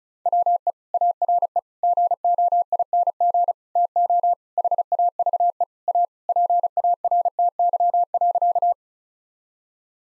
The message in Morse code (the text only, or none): WE ARE GOING TO HAVE A PARTY.